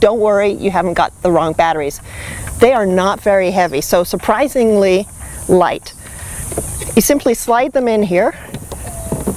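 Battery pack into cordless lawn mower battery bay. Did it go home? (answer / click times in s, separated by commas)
no / none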